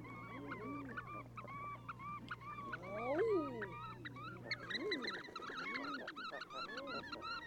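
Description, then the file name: Common eider crooning calls, arched moaning notes from several birds, over a steady low engine hum that stops midway. "Edredone"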